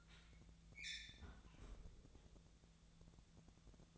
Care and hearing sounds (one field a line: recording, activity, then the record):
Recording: daily activity, microphone in the room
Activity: close fridge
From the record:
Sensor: 3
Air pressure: 1000.0 hPa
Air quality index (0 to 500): 133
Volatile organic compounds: 2 ppm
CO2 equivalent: 1185 ppm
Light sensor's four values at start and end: 41/103/44/48 and 40/103/43/48